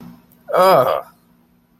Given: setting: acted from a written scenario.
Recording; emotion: vocal sound without words; disgust